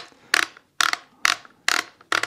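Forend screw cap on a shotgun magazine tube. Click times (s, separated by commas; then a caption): 0.3 s, 0.8 s, 1.2 s, 1.7 s. The metal screw cap on the end of a Browning Maxus semi-auto shotgun's magazine tube is turned and unscrewed to take the forend off. Sharp, positive detent clicks are heard as the cap rotates, at 0.3, 0.8, 1.3 and 1.7 seconds, with one more near 2.1 seconds. The cap releases.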